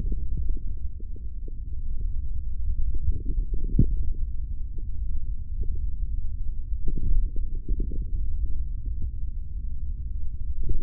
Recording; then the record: forearm muscle sounds (acoustic myography)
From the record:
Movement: hand closing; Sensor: system 3, bracelet of six PUI Audio POM-2738L microphones around the upper forearm, with dedicated amplification and filtering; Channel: 1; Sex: male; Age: 23 years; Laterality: right